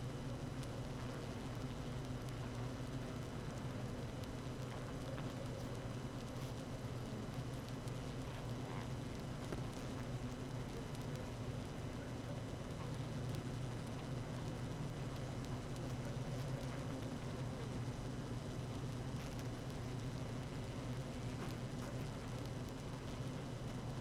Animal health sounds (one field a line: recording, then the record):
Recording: honeybee colony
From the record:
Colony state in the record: active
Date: 12 June 2018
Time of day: 17:32